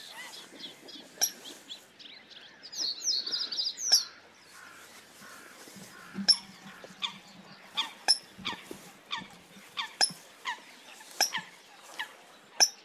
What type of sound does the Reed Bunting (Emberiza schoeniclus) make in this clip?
song